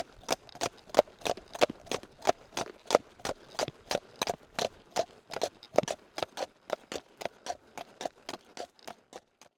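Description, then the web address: Draft horse hoofbeats in a steady trot, sharp clopping strikes on a hard surface repeating rapidly throughout, with no other clear sounds. Draft horse trotting on concrete, in stereo. "Dramatic Cat - Horse Carriage - Draft Horse"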